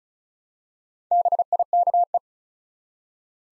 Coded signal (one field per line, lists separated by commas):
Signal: Morse code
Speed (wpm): 36 wpm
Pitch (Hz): 700 Hz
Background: none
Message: BIKE